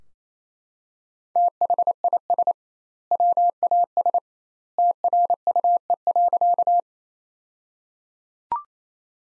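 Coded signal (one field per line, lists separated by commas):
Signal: Morse code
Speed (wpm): 27 wpm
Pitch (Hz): 700 Hz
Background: none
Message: THIS WAS TRUE.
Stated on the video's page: Morse practice sentences built from the top 400 words, sent at 28 wpm with twice the standard word spacing, a word-level Farnsworth-style approach.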